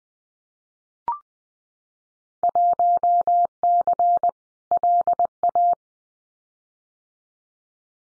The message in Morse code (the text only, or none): 1C LA